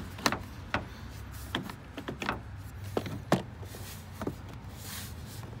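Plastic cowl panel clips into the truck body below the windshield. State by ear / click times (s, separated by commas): seated / 0.3 s, 0.7 s, 1.5 s, 2.3 s, 3.3 s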